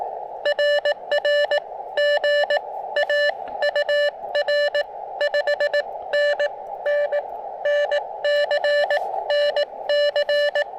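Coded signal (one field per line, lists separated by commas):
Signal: Morse code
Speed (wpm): 20 wpm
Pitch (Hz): 600 Hz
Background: none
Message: RR GA UR 5NN NC NC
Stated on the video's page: QRP CW during an evening POTA activation on 80 meters, Elecraft KX2 with Chelegance MC-750 antenna and its 80-meter coil.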